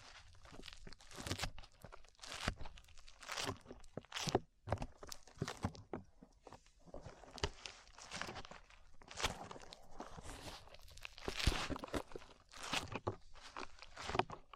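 Slime being squished and pulled makes a busy run of sticky, crackling pops and smacks with no real pauses over the whole stretch. The bursts come irregularly, several per second, bright and crisp with wet crunching edges, some louder snaps standing out around four, eleven and thirteen seconds.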